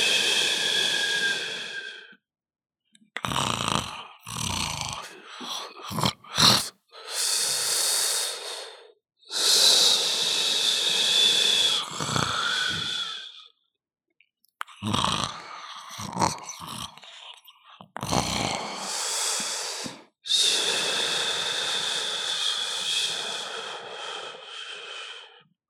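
Several adults snoring, with irregular bursts of noisy, high-pitched breaths separated by pauses.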